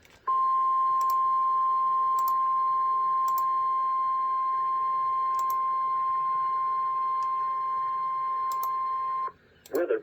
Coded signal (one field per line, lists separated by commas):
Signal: Emergency Alert System (SAME) tones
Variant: 1050 Hz attention tone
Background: speech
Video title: FREE BAKER (L.S. EAS #139) Severe Thunderstorm Warning